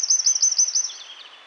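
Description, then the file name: Eurasian wren song ending: a rapid high trill of sharp notes about six per second, dropping into a fading lower twitter. "Troglodytes troglodytes"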